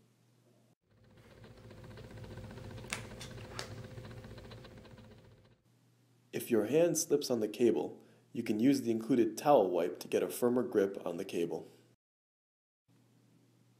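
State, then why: Seated. A greased cable contact is pushed fast and hard, in one motion, into the rubber main housing of a waterproof underground connector until it seats. Over a steady hum and rising friction noise from about 1 to 5.5 s, a sharp snap is heard at 2.9 s as the contact seats. Then someone talks.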